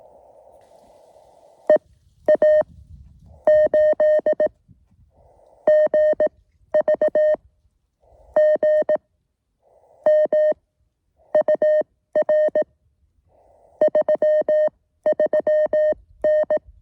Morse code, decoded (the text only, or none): EA8GV GM UR 33N